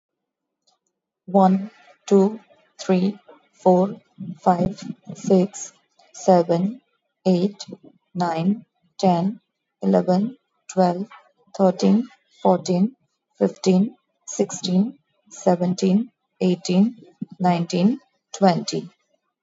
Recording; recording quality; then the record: counting at a normal pace; excellent, no background noise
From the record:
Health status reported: exposed to COVID-19, no respiratory illness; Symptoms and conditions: none ticked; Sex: female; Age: 35 years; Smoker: not ticked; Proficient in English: yes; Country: India